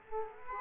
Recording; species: mosquito wingbeat signal from an infrared sensor; Culex quinquefasciatus